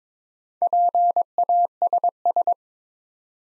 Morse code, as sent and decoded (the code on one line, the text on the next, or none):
.--. .- ... ...
PASS